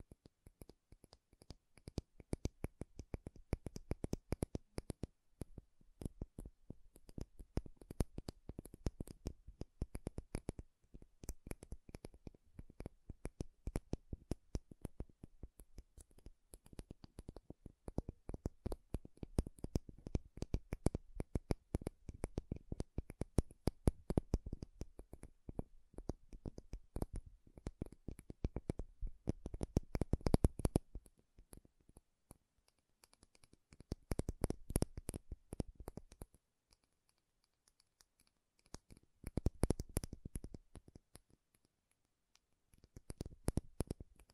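Makeup items are tapped and scratched in quick, dense bursts of sharp clicks and crackly scraping, running almost nonstop through the first thirty seconds. After that the sounds come in shorter clusters separated by brief quiet gaps, around 31, 37 and 42 seconds.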